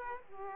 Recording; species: mosquito wingbeat signal from an infrared sensor; Aedes aegypti